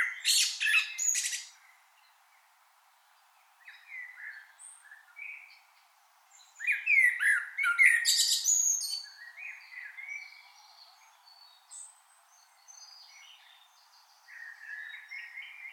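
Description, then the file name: Common blackbird song: a sharp high twittering burst, a pause, soft phrases, then a louder mellow warble ending in squeaky chatter, followed by quieter phrases. "Turdus merula"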